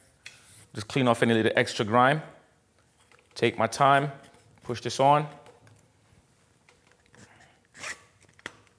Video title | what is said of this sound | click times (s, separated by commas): How To Change The Handle Bar Grips On Your Harley | there we go you can feel when it locks in place | 8.5 s